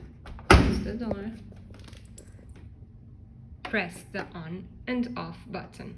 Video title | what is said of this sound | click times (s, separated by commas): Dishwasher | close it until you hear a click close | 0.5 s